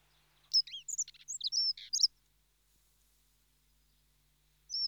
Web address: BBC Sound Effects Library. Dunnock (Prunella Modularis)